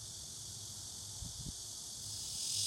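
Cicada buzzing softly at a high pitch, growing louder toward the end, with low bumps in the middle.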